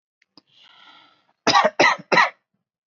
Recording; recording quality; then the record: shallow voluntary cough; excellent, no background noise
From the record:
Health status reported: healthy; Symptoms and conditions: none ticked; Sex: male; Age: 30 years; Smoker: not ticked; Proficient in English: yes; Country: India